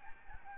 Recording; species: mosquito wingbeat signal from an infrared sensor; Aedes albopictus